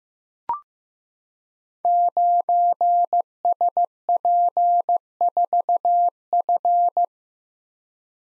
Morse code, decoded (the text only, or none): 9SP4F